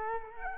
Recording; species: mosquito wingbeat signal from an infrared sensor; Culex quinquefasciatus